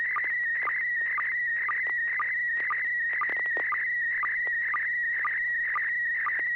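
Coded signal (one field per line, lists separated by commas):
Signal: SSTV (slow-scan television)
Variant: PD120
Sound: steady warbling whistle near 2 kHz with a short low chirp twice a second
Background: radio static, clicks, hum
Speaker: all right this should be uh PD 120 here we go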